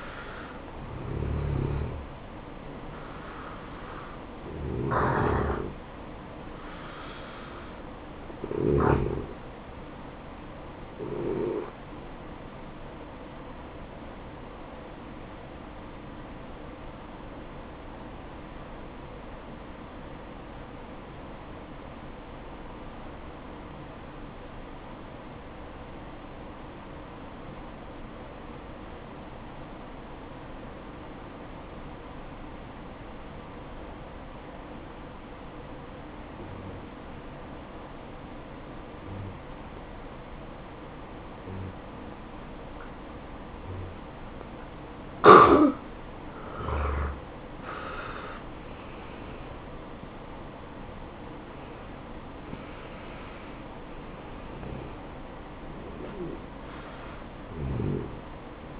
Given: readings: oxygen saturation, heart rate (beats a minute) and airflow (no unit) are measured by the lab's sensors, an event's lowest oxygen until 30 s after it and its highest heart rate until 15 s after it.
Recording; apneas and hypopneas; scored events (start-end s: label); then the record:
breathing in sleep by a voice recorder at the bedside; 1
15.00-49.60 s: hypopnea (N1, oxygen 95% highest, then 84% lowest, heart rate 69 at the start, 69 highest)
28.00-58.79 s: new sleep stage, N2 (light sleep)
From the record:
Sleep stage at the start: N1 (lightest sleep); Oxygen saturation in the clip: 85 to 95%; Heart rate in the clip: 58 to 69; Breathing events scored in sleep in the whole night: 573 in 9.8 hours asleep